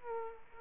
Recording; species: mosquito wingbeat signal from an infrared sensor; Aedes aegypti